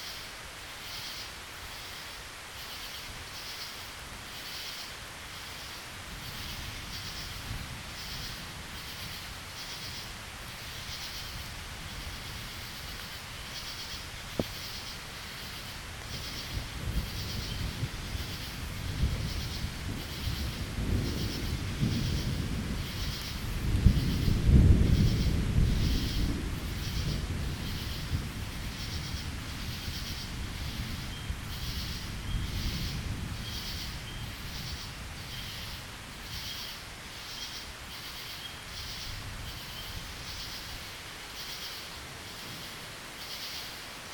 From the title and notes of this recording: This SoundCast was recorded in Brevard, NC, and includes a chorus of frogs, crickets and thunder.